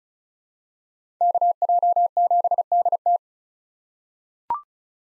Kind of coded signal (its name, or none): Morse code